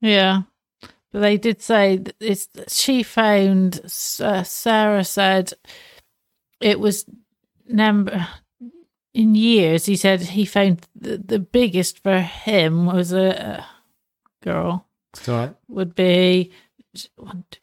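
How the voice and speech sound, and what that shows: An adult woman speaks haltingly in conversation, with frequent long pauses, stretched sounds and restarts. Some words come out garbled or misplaced. This word-finding difficulty and broken flow fit aphasia after a stroke less than a year earlier, for which she is having speech therapy.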